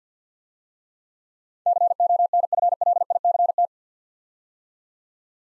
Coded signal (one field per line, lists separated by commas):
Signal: Morse code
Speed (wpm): 49 wpm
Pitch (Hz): 700 Hz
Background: none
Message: CONFLICT